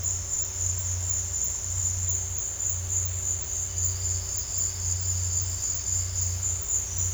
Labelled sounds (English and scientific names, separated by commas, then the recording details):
none
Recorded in dense forest near Puerto Asís, Putumayo, Colombia, on 8 March 2025 at 15:00
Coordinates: 0.468, -76.322
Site GP01